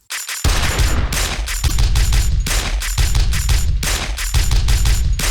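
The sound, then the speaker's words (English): A loud, dense beat built from weapon sound samples: a machine-gun kick drum, a 9mm handgun snare and a hi-hat made from a bayonet going into flesh, with sharp cracks and heavy low booms repeating in a steady driving rhythm and no talking. “The snare drum is a 9mm handgun.”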